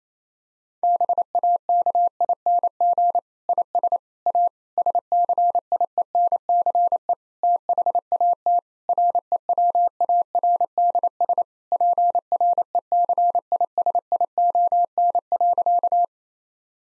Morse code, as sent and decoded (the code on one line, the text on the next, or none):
-... .- -.- .. -. --. / .. ... / .- / ... -.-. .. . -. -.-. . / - .... .- - / .-. . .-- .- .-. -.. ... / .--. .-. . -.-. .. ... .. --- -. .-.-.-
BAKING IS A SCIENCE THAT REWARDS PRECISION.